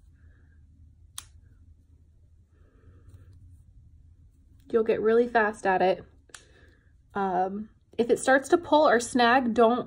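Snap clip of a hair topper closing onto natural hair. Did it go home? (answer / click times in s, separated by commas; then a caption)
yes / 1.2 s. A snap clip on the second side of a Jon Renau Top Smart Lace Front Topper (12 inch, Toffee Truffle FS6/30/27) is slid under the natural hair and pushed down on both sides until it snaps shut. It gives a sharp click at 1.2 s, and the clip is seated. Someone then talks.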